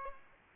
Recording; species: mosquito wingbeat signal from an infrared sensor; Aedes aegypti